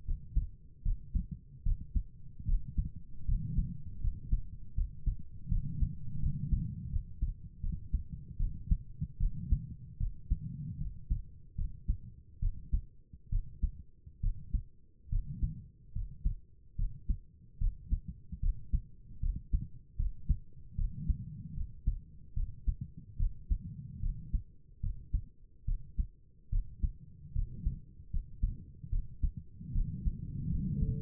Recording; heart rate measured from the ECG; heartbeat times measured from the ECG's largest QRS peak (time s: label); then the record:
heart sounds by stethoscope; 75 bpm
0.06 s: heartbeat
0.84 s: heartbeat
1.64 s: heartbeat
2.47 s: heartbeat
3.27 s: heartbeat
4.02 s: heartbeat
4.76 s: heartbeat
5.50 s: heartbeat
6.21 s: heartbeat
6.91 s: heartbeat
7.62 s: heartbeat
8.39 s: heartbeat
9.19 s: heartbeat
9.99 s: heartbeat
10.79 s: heartbeat
11.57 s: heartbeat
12.41 s: heartbeat
13.31 s: heartbeat
14.22 s: heartbeat
15.11 s: heartbeat
15.94 s: heartbeat
16.77 s: heartbeat
17.60 s: heartbeat
18.41 s: heartbeat
19.21 s: heartbeat
19.98 s: heartbeat
20.77 s: heartbeat
21.56 s: heartbeat
22.35 s: heartbeat
23.18 s: heartbeat
24.01 s: heartbeat
24.82 s: heartbeat
25.66 s: heartbeat
26.51 s: heartbeat
27.34 s: heartbeat
28.12 s: heartbeat
28.91 s: heartbeat
29.74 s: heartbeat
30.50 s: heartbeat
From the record:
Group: healthy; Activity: rest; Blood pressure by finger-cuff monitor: 97/62 mmHg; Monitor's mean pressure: 71 mmHg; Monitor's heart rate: 74 bpm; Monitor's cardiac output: 6 L/min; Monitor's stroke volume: 78 mL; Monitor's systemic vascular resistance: 860 dyn s/cm5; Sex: female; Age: 22 years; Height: 163 cm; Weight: 67.1 kg